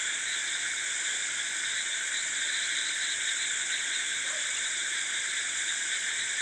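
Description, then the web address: Insect chorus, dense continuous buzzing in several steady high bands, unbroken throughout. Rice field in South India at night, recorded both close and wide. "Charlie Atanasyan - South India sound library by Faunethic Rice field frogs and insects close, wide at night"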